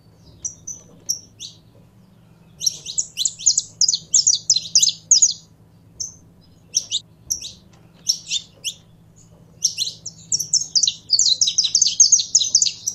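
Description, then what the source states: Canary song: a few isolated high notes, then dense trilled runs, a quieter spell of spaced chirps, and another rapid rolling passage. Song of a purebred Belgian canary.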